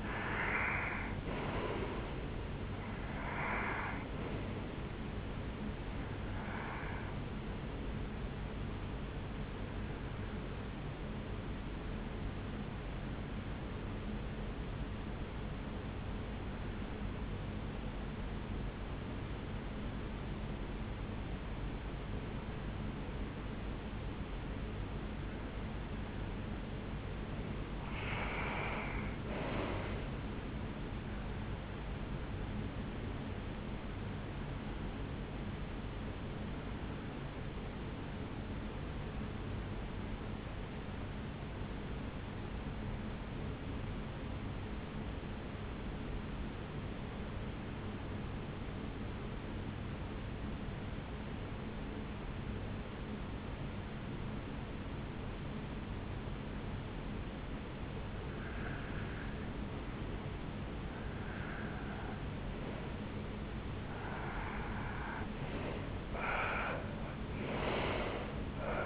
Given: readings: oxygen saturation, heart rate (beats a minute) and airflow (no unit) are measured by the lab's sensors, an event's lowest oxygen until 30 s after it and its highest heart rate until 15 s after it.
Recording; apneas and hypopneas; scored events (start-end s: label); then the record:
breathing in sleep by a voice recorder at the bedside; 2
15.00-30.20 s: hypopnea (REM, oxygen 96% highest, then 89% lowest, heart rate 57 at the start, 72 highest)
34.00-63.10 s: hypopnea (REM, oxygen 94% highest, then 82% lowest, heart rate 71 at the start, 75 highest)
From the record:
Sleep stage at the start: REM sleep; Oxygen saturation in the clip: 80 to 96%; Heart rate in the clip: 57 to 74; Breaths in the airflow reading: 21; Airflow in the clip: -9.5 to 6.8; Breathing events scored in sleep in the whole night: 449 in 7.0 hours asleep